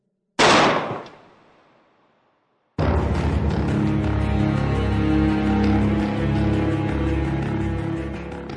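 A single loud gunshot, fired in a corridor from a gun held to Kolokoltsev's temple, cracks out and rings away over about a second and a half, followed by a brief silence before dense, steady music begins.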